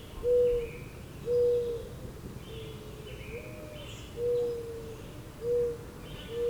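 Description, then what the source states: Mourning Dove giving low, hollow coos in a steady series, one phrase lifting briefly mid-way, while higher-pitched birdsong phrases sound faintly behind. Two mourning doves recorded together with a robin.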